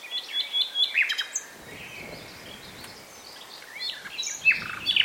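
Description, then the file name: Common nightingale singing brief, varied chirping phrases at the start and end, separated by a quieter gap. "Luscinia megarhynchos"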